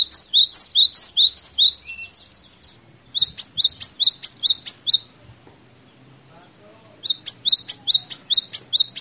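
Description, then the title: Cinereous tit giving three bursts of high, two-note calls in quick repetition, separated by quiet gaps with faint low background noise. Three types of natural call. "3 Macam Suara Asli Gelatik Batu"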